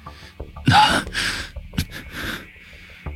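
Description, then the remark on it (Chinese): Heavy, ragged panting: four or five loud, breathy gasps in an uneven rhythm, harsh and airy, with no talking. “江瑶喘息着，他感到自己胸口中聚集的压迫感逐渐消失，似乎体内的妖力已经得到了控制”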